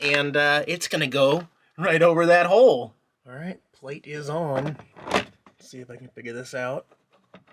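A combination smoke and carbon monoxide detector, a plastic housing, is handled toward its plastic ceiling mounting plate, which has just been fitted over a hole, while someone talks throughout. Nothing has seated or clicked yet.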